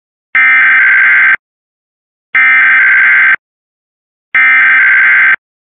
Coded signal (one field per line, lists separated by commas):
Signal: Emergency Alert System (SAME) tones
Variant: header bursts